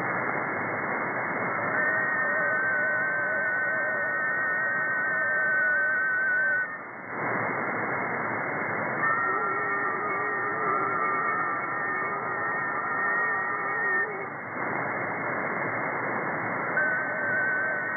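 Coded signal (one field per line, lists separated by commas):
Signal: FT4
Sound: several steady, warbling tones over hiss, stopping and restarting every seven seconds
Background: radio static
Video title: 28180 kHz - FT4 Weak Signal Digital Mode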